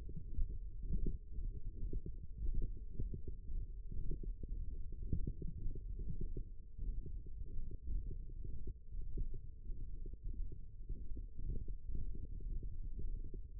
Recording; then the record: forearm muscle sounds (acoustic myography)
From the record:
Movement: thumb flexion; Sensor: system 1, eight BSWA MPA416 microphones around the upper forearm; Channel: 3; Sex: male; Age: 23 years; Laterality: right